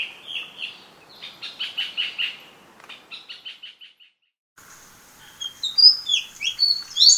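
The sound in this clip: Fantail chips in quick squeaky runs that fade out, followed by a brief silence and then higher sweeping whistled notes from a bird.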